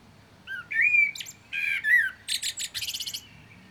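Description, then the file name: Common blackbird song: a mellow whistled phrase followed by a squeaky, twittering high-pitched ending of rapid chattered notes. "Turdus merula"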